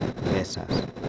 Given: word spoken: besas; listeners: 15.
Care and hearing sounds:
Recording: one Spanish word in noise, from a listening test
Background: noise modulated by three-talker babble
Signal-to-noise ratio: -3.7 dB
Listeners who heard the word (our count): 2 of 15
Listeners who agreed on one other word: 8 of 15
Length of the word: 0.69 s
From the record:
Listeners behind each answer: 8, 3, 2, 1, 1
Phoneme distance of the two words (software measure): 10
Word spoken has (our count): 2 syllables, 5 phonemes, stress on syllable 1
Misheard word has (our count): 2 syllables, 5 phonemes, stress on syllable 1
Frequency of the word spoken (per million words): 0.21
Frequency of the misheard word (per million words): 21.95

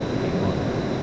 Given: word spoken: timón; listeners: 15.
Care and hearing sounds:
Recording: one Spanish word in noise, from a listening test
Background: speech-shaped noise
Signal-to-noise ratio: -6.3 dB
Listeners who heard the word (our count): 1 of 15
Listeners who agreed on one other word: 7 of 15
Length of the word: 0.63 s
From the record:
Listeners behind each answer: 7, 3, 1, 1, 1, 1, 1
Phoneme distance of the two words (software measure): 10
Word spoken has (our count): 2 syllables, 5 phonemes, stress on syllable 2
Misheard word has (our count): 2 syllables, 5 phonemes, stress on syllable 2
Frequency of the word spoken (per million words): 4.33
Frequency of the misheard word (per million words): 26.38

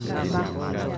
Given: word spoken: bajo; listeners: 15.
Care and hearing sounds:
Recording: one Spanish word in noise, from a listening test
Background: eight-talker babble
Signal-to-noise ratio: -3.6 dB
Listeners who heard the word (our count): 1 of 15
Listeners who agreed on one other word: 8 of 15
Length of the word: 0.58 s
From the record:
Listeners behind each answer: 8, 3, 1, 1, 1, 1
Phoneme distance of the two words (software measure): 31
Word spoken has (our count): 2 syllables, 4 phonemes, stress on syllable 1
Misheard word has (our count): 3 syllables, 7 phonemes, stress on syllable 2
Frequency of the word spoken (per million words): 349.00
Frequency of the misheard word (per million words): 507.85

